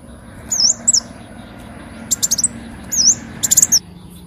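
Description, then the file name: Leafbird song: soft, high looping whistles and short chirp clusters over a steady hiss of background noise. "Tieng chim xanh tim"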